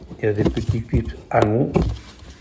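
On an Audi A3, the plastic cabin filter access hatch is pushed toward the car's filter housing after the cleaned cabin filter has been refitted, while someone talks throughout. The hatch is handled but has not latched: nothing has seated or clicked yet.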